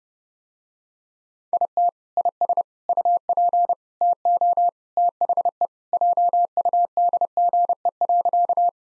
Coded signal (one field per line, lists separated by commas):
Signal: Morse code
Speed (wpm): 32 wpm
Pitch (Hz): 700 Hz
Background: none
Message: IT IS UP TO THE JUDGE.